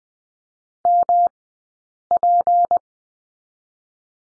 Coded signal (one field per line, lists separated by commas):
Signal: Morse code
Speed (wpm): 20 wpm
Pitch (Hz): 700 Hz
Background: none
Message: MP